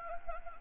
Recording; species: mosquito wingbeat signal from an infrared sensor; Anopheles arabiensis